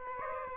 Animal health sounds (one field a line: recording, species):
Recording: mosquito wingbeat signal from an infrared sensor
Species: Aedes aegypti